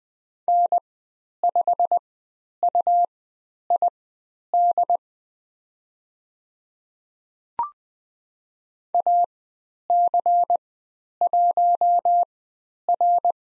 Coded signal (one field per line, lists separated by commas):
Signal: Morse code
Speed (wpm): 20 wpm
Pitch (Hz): 700 Hz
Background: none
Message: N5UID AC1R